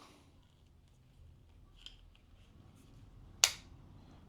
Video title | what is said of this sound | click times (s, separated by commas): Moeila Handheld Nebuliser Unboxing & First Look - Portable Mesh Nebuliser | It clicks into place. | 3.4 s